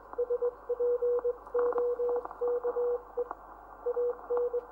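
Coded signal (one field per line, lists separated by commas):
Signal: Morse code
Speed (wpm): 21 wpm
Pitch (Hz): 480 Hz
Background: none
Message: SPOKE AN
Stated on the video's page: Professional coast station operators sending close-down messages on 500 kHz in the United Kingdom, answered by nearby and distant coast stations, including a transatlantic contact.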